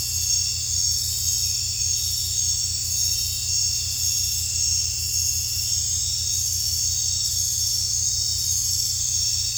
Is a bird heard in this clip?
no